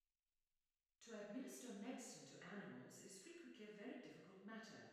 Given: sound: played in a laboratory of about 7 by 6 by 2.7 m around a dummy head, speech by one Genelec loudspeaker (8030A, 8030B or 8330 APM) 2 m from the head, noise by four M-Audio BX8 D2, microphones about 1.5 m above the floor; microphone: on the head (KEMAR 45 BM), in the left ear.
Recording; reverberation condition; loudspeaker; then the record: female speech in English; high; 150 degrees to the right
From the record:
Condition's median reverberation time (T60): about 1300 ms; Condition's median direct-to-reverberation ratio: about -4.0 dB